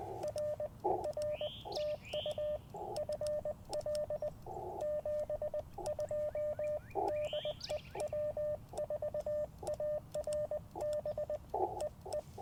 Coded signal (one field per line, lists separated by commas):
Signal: Morse code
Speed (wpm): 20 wpm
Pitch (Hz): 600 Hz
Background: radio noise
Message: R R TU FL 72 DE W4ARB EE